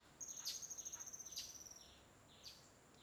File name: Beira do rio com alguns passaros e estalos Tocantins